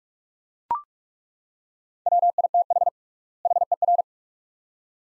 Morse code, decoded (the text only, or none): WITH HER